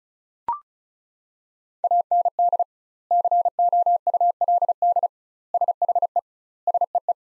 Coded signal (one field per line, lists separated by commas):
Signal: Morse code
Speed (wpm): 34 wpm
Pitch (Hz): 700 Hz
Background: none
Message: AND COULD SHE SEE